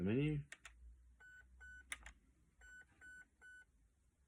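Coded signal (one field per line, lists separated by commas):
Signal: none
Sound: airsoft gun menu beeps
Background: speech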